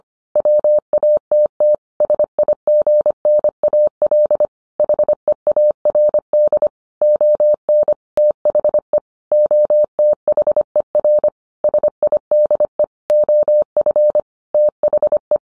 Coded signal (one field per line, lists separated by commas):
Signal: Morse code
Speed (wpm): 25 wpm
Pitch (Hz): 600 Hz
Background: none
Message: WATT SIGNAL HEARD ON THE OTHER SIDE OF THE